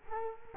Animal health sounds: mosquito wingbeat signal from an infrared sensor; Culex quinquefasciatus

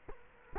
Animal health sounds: mosquito wingbeat signal from an infrared sensor; Culex quinquefasciatus

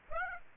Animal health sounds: mosquito wingbeat signal from an infrared sensor; Aedes aegypti

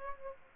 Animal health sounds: mosquito wingbeat signal from an infrared sensor; Aedes aegypti

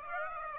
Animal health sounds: mosquito wingbeat signal from an infrared sensor; Aedes aegypti

